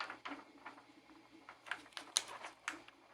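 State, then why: Not seated. A clear plastic face shield sheet is handled as its punched hole is pressed over the third and last peg of a 3D-printed headband, the hardest of the three. Light plastic rustling and a few small, sharp ticks are heard throughout. The sheet has not popped onto the peg yet; nothing has seated.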